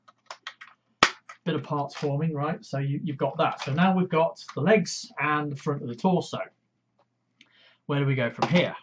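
A few faint ticks open the clip, then plastic parts taken off the vehicle mode are clipped onto the legs of a transforming robot toy, seating with a sharp, loud snap at 1.0 s. Someone talks through most of the rest, with a pause near the end.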